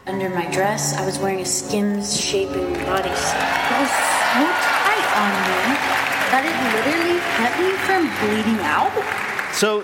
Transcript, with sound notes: Under my dress, I was wearing a Skims shaping bodysuit.
(CHEERING)
It was so tight on me that it literally kept me from bleeding out.